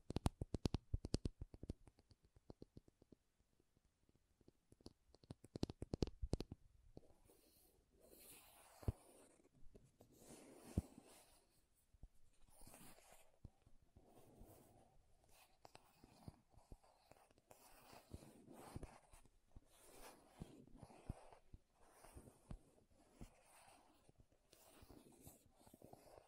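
Makeup tapping and scratching, opening with quick, sharp taps packed densely through the first six seconds. After that the sounds turn softer and more scattered: brushy scratches and rubbing come in short bursts every second or so, with quiet gaps between them.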